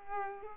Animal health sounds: mosquito wingbeat signal from an infrared sensor; Culex pipiens

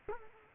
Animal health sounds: mosquito wingbeat signal from an infrared sensor; Culex quinquefasciatus

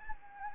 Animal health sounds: mosquito wingbeat signal from an infrared sensor; Anopheles arabiensis

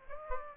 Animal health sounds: mosquito wingbeat signal from an infrared sensor; Aedes aegypti

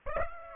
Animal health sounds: mosquito wingbeat signal from an infrared sensor; Aedes aegypti

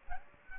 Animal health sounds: mosquito wingbeat signal from an infrared sensor; Aedes aegypti

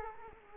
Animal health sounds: mosquito wingbeat signal from an infrared sensor; Culex quinquefasciatus

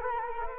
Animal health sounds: mosquito wingbeat signal from an infrared sensor; Culex quinquefasciatus

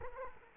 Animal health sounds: mosquito wingbeat signal from an infrared sensor; Culex quinquefasciatus

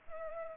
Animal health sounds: mosquito wingbeat signal from an infrared sensor; Culex pipiens

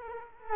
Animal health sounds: mosquito wingbeat signal from an infrared sensor; Culex quinquefasciatus

